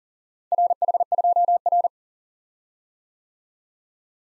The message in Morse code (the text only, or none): RH2R